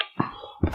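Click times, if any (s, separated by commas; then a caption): none. A polymer and metal folding stock on a SCAR rifle is swung to the side toward its folded lock on the receiver, producing sharp knocks near 0.0 and 0.2 seconds, a low rattling rumble, and a louder bright clack near the end. The stock has not yet seated or locked in its folded position.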